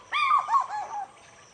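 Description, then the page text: African fish eagle call: one ringing burst, a clear opening note then a run of falling yelping notes lasting about a second. Several birds calling at dawn over water at Djoudj National Bird Sanctuary, Senegal. "African fish eagles. Recorded by George Vlad"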